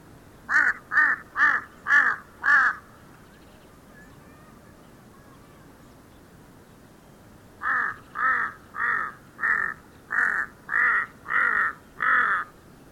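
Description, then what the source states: Crow cawing in two bouts, five harsh caws in quick succession, then a pause of about five seconds, then eight more evenly spaced caws. Tibetan crow recorded in Nepal.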